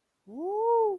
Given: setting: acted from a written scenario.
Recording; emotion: vocal sound without words; triumph